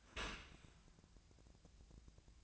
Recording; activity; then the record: daily activity, microphone in the room; open dishwasher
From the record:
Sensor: 2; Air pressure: 1000.3 hPa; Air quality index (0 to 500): 163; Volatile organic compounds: 3 ppm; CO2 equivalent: 1349 ppm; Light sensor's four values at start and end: 11/31/12/14 and 11/31/12/14